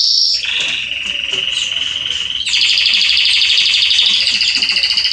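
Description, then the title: Belgian canary song: a brief high note, then a steady lower rolling trill, followed by a brighter, faster double-pitched trill running to the end. Male Belgian canary singing continuously, to warm up and train young canaries. "Canary Training Esquente Seu Filhote E Canario Belga Macho Cantando Muito CANTO DO CANRIO"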